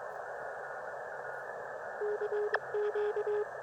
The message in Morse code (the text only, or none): KQ